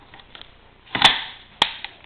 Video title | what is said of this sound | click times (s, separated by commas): 1919A4 take down and assembly | It's locked in. | 1.6 s